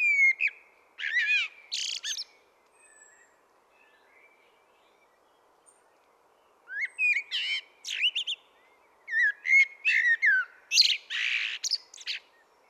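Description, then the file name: Common blackbird singing mellow fluted phrases, each closing with high scratchy twittering, a quiet gap between two bursts of song. "Turdus merula"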